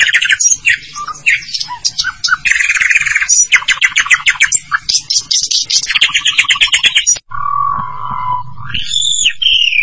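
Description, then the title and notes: Starling song of rattling, buzzy phrases and clicks mixed with short whistles, ending with a lower whistled note and a rising high whistle. "suara burung jalak"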